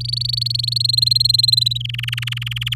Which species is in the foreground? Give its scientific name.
Serinus canaria